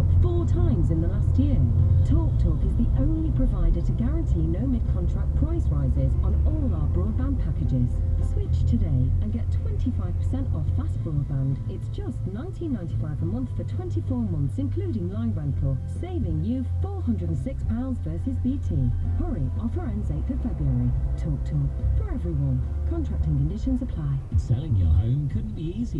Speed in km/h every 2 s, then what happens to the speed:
39, 39, 37, 27, 21, 16, 10, 0, 0, 8, 11, 13, 15.
4-14 brakes to 0. 14-17 standing. 17-19 pulls away to 11. 19-26 steady at about 13.